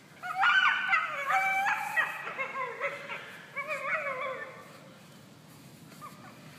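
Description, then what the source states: Coyotes howling and yipping together, warbling high tones that waver and break, louder at first then trailing off into quiet yelps. Several coyotes.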